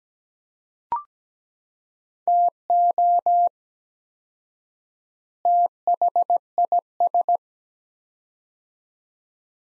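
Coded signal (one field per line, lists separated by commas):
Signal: Morse code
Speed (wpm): 17 wpm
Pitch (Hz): 700 Hz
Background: none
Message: TO THIS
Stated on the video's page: Morse code practice of two-word sets at 17 wpm with 4x word spacing, a Farnsworth-like method for head-copy.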